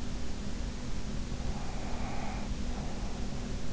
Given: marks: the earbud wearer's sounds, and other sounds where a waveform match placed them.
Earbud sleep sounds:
sounds in sleep by an in-ear microphone; breath
1.74-3.50 s: breath

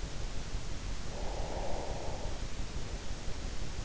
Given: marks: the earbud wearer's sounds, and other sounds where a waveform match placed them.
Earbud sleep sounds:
sounds in sleep by an in-ear microphone; breath
1.17-3.04 s: breath

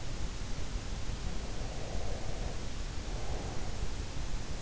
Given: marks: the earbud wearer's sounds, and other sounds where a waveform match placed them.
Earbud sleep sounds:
sounds in sleep by an in-ear microphone; breath
1.52-3.89 s: breath

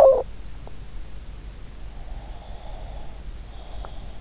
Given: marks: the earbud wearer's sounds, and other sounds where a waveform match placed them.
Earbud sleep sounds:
sounds in sleep by an in-ear microphone; talking in sleep, breath
0.00-0.37 s: talking in sleep
2.05-4.08 s: breath

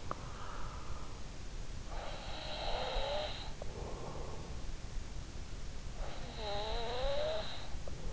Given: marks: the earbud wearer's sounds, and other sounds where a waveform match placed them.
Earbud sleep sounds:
sounds in sleep by an in-ear microphone; breath, snoring breath
1.45-3.96 s: breath
5.62-8.13 s: snoring breath

